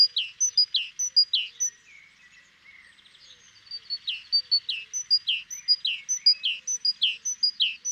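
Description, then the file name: Great tit calls in quick repeated high-then-falling note pairs, pausing briefly before a longer second run. "Parus major"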